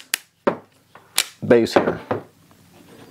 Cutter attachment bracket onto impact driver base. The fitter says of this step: you'll see this bottom part is going to clip right onto this base